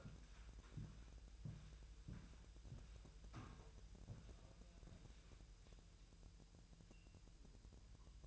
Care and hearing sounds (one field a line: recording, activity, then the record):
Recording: daily activity, microphone in the room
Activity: walk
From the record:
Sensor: 2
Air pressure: 1001.9 hPa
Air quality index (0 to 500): 232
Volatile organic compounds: 61 ppm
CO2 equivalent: 3424 ppm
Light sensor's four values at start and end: 7/17/7/7 and 7/16/7/7